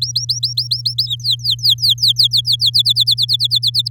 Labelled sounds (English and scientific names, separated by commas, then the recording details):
Domestic Canary (Serinus canaria) song
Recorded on 8 May 2018 at 10:43
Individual llb16